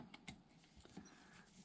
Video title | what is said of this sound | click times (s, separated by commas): Losi DB Pro Differentials Inspection / Repaired? Part 1 | yeah that's stripped | 0.1 s, 0.3 s